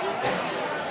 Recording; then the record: coughing mixed with background sound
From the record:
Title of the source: Barking cough - # 10